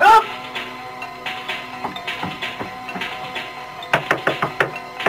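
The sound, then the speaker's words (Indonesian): Repeated knocking on a wooden house door by royal soldiers demanding it be opened, softer irregular raps at first, then a burst of six or seven louder, rapid bangs near the end, over a faint sustained tonal background. “Buka! Buka pintu ini!”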